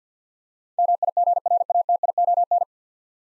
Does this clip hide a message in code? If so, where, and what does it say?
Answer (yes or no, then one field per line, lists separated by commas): yes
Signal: Morse code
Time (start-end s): 0.8-2.6 s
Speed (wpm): 50 wpm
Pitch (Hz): 700 Hz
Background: none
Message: MIGRATION